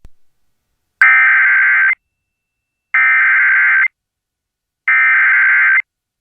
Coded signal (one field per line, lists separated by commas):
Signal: Emergency Alert System (SAME) tones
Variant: header bursts